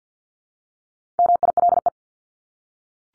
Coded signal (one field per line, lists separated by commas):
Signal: Morse code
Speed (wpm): 48 wpm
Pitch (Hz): 700 Hz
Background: none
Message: MILE